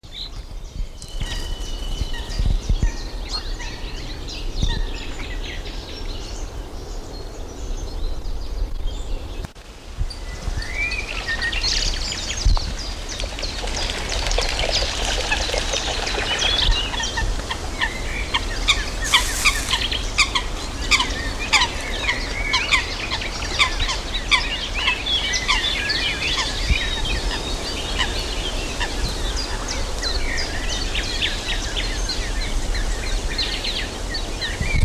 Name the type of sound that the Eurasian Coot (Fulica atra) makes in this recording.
call